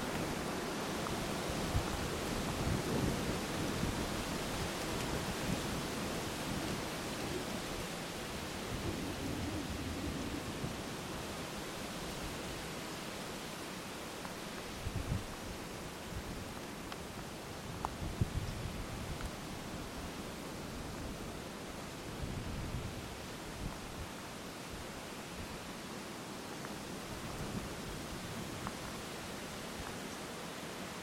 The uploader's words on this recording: An early morning walk through Wolf's Prairie Park during high winds. The sounds of the leaves shaking intensely.